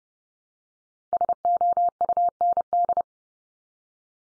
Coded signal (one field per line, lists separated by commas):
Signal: Morse code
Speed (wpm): 30 wpm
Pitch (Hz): 700 Hz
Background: none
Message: SOUND